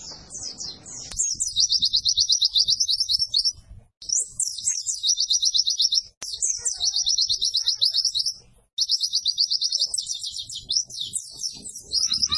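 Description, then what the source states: White-eye song: repeated phrases, each a few descending chips leading into a rapid high trill, over a low background hiss. Masteran (tutor) recording for training cage birds; pleci white-eye singing in gacor (vigorous, continuous) style.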